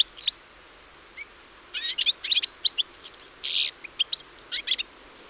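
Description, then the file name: European Goldfinch twittering, a quiet start with a few isolated high notes, then a burst of tinkling chirps and a buzzy note. "Carduelis carduelis"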